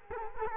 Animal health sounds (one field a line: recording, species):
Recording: mosquito wingbeat signal from an infrared sensor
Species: Culex quinquefasciatus